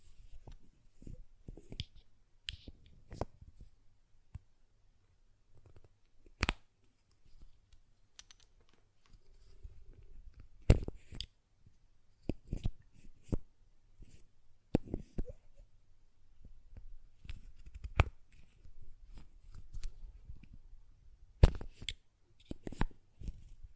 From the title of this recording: Glass Perfume Bottle Tapping & Lid Sounds